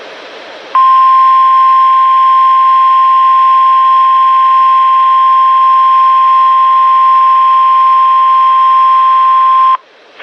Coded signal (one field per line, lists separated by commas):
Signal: Emergency Alert System (SAME) tones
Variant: 1050 Hz attention tone